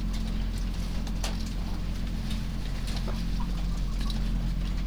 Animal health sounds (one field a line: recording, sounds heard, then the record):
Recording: poultry house recording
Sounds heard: sick chickens (respiratory disease)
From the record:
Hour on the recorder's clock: 3